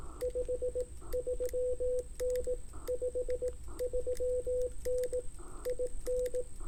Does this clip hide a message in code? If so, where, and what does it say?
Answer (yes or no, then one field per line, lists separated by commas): yes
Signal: Morse code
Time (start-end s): 0.2-6.4 s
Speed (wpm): 18 wpm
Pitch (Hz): 500 Hz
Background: radio noise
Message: 53N 53N IN